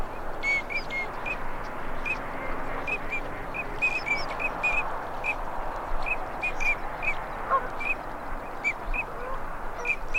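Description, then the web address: Duck calls: brief high whistles, single and paired, repeated steadily for ten seconds against a continuous rushing noise. Male and female migratory ducks. "Male and female migratory ducks. صدای-مرغابی-های-مهاجر-نر-و-ماده"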